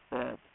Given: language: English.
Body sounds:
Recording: throat vibration sensor signal played as sound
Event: speech

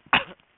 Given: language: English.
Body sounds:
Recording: throat vibration sensor signal played as sound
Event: cough

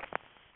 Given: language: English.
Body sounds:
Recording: throat vibration sensor signal played as sound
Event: swallow

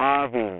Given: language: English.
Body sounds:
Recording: throat vibration sensor signal played as sound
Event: speech

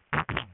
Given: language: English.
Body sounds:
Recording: throat vibration sensor signal played as sound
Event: throat clearing

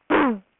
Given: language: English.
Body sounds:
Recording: throat vibration sensor signal played as sound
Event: throat clearing

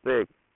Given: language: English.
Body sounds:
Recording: throat vibration sensor signal played as sound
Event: speech

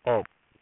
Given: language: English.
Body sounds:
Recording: throat vibration sensor signal played as sound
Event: speech

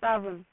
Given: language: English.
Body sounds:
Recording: throat vibration sensor signal played as sound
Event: speech

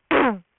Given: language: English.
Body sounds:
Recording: throat vibration sensor signal played as sound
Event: throat clearing

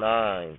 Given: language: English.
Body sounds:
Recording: throat vibration sensor signal played as sound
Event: speech

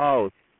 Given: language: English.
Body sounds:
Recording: throat vibration sensor signal played as sound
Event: speech

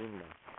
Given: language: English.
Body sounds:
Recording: throat vibration sensor signal played as sound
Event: speech

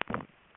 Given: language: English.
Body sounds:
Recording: throat vibration sensor signal played as sound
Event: swallow

